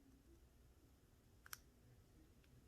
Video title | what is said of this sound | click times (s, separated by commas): [24] How To Pick Your First American 1100 - Picking Guide | four gave me a little click | 1.5 s